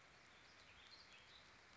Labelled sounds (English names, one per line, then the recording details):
Warbling Vireo
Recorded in Sonoma County, California